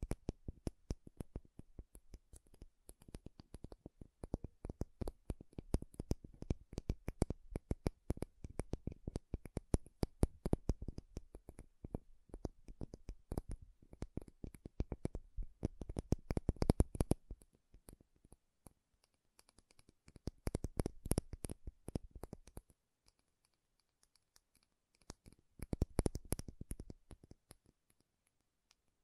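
Fast, dense tapping and scratching on makeup packaging, a rapid run of crisp clicks and taps that continues almost without pause for the first seventeen seconds. After that the taps come in shorter bursts, near twenty and twenty-five seconds, separated by quiet gaps.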